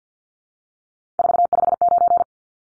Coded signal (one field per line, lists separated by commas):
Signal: Morse code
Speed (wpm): 50 wpm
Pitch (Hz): 700 Hz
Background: none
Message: 459